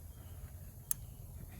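A wiring harness plug is pushed into the mating plastic connector on a small add-on S-VCM engine controller module for a 2019 Honda Pilot. Over a low background rumble, a single sharp click is heard at 0.9 s as the connector seats.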